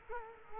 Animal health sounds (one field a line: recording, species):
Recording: mosquito wingbeat signal from an infrared sensor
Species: Culex quinquefasciatus